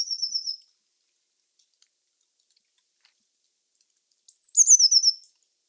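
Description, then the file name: Eurasian blue tit call: a high, rapidly pulsed phrase that slides downward, cut short at the start, then one full descending trill after about four seconds of quiet. "Cyanistes caeruleus"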